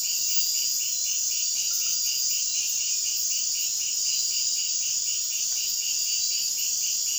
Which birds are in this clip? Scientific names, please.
none